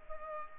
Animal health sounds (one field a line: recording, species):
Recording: mosquito wingbeat signal from an infrared sensor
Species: Culex pipiens